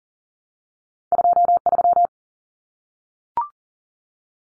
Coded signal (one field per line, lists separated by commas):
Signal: Morse code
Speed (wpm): 40 wpm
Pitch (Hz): 700 Hz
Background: none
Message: 23